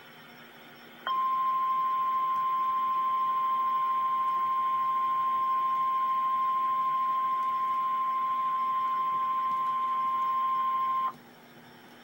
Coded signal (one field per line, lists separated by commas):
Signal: Emergency Alert System (SAME) tones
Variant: 1050 Hz attention tone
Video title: REAL EAS 831-Severe thunderstorm warning